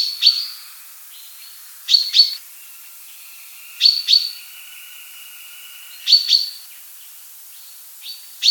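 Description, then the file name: Common chaffinch calls, sharp high notes in pairs about every two seconds, with a steady faint whistle of another bird behind. "buchfinke"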